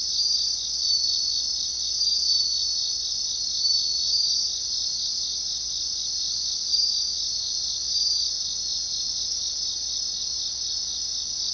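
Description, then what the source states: Bell cricket song, a steady high ringing trill pulsing rapidly and without a break, with loudness swelling slightly now and then; no other sounds stand out. Japanese name suzumushi.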